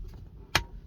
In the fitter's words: and then you just turn clockwise to lock into place